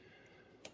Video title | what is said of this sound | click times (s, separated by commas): DETAILED REVIEW NESPRESSO VertuoLine Coffee Espresso Maker Breville How To Make A Cup Coffee | the coffee pot in just close it until it snaps | 0.6 s